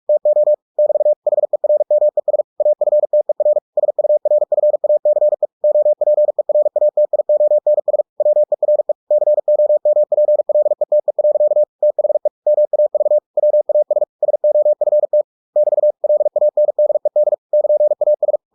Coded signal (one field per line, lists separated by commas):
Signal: Morse code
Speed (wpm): 46 wpm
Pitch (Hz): 600 Hz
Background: none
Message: TO <BT> HERMES AFTER SURFACE OPERATIONS WERE COMPLETE. THE MAV WAS SOFT <BT> LANDED <KN>AS